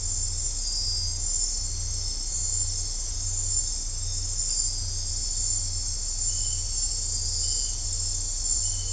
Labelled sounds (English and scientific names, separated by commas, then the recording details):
none
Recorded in dense forest near Puerto Asís, Putumayo, Colombia, on 15 December 2024 at 00:30
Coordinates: 0.503, -76.323
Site G043